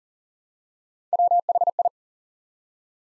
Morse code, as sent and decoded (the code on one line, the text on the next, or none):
.-- .... ..
WHI